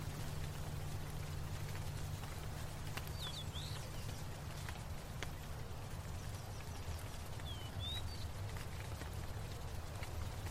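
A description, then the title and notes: Soft spray and droplets patter steadily on leaves beneath a low engine-like hum, while a few birds chirp briefly around three and eight seconds. Buddhist mountain temple ambience. Birds. Water droplets/sprey on leaf.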